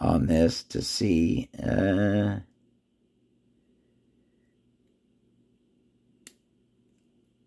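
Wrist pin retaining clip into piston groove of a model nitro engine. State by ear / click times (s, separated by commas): seated / 6.3 s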